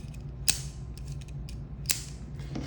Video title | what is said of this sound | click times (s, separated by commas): $50 vs $150 Halo OTF Clone | these definitely click in place with a lot more | 0.5 s, 1.9 s